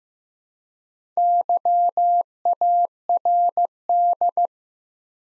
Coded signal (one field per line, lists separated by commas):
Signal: Morse code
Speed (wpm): 15 wpm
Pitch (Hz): 700 Hz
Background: none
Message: YARD